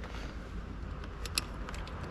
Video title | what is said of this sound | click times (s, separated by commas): Installation of the Clock Spring Toyota Prado 150 - Is this the ONLY PROBLEM with this PRADO? | push this clip back over a little bit okay so it clicks back in | 1.4 s